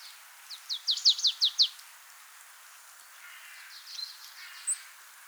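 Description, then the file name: Marsh tit with a short burst of high, sharp downslurred notes, followed by fainter chips and soft buzzy sounds against a slight background hiss. "Poecile palustris"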